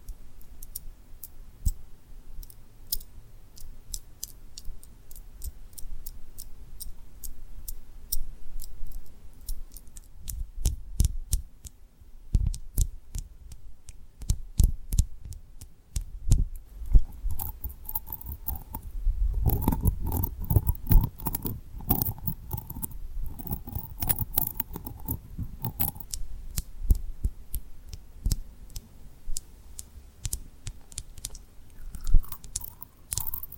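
Rhinestone tapping and rubbing: dense bursts of sharp clicks and scratches, thickening after twenty seconds with a low thump and brief scraping tones.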